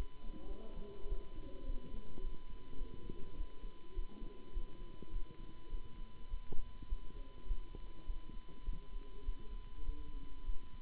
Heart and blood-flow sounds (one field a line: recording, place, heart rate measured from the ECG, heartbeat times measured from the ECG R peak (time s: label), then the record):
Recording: heart sounds by stethoscope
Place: between the tricuspid and mitral areas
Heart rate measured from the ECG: 102 bpm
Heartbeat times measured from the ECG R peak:
0.43 s: heartbeat
1.05 s: heartbeat
1.63 s: heartbeat
2.19 s: heartbeat
2.75 s: heartbeat
3.33 s: heartbeat
3.91 s: heartbeat
4.50 s: heartbeat
5.08 s: heartbeat
5.67 s: heartbeat
6.26 s: heartbeat
6.85 s: heartbeat
7.44 s: heartbeat
8.02 s: heartbeat
8.62 s: heartbeat
9.21 s: heartbeat
9.82 s: heartbeat
10.42 s: heartbeat
From the record:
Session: Bruce protocol treadmill stress test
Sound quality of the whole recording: good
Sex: male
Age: 26 years